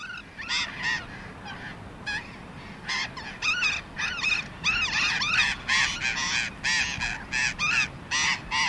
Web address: burrowing parakeet